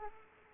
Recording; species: mosquito wingbeat signal from an infrared sensor; Aedes aegypti